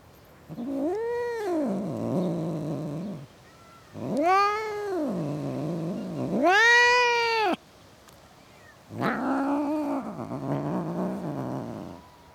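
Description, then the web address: Cat caterwauling, four arched yowls, each rising and falling, most trailing into a low growly warble. Cats in a suburban garden. "Cats In A Suburban Garden. The BBC Sound Effects Library"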